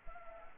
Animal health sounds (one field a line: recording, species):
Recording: mosquito wingbeat signal from an infrared sensor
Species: Anopheles arabiensis